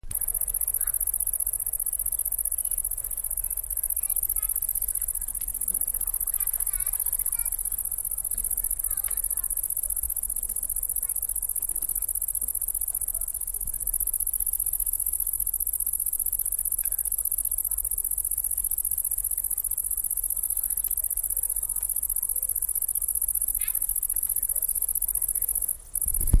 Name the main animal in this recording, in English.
Great Green Bush-cricket